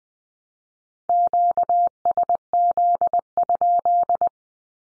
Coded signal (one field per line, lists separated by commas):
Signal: Morse code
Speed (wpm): 20 wpm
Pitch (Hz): 700 Hz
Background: none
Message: QSZ?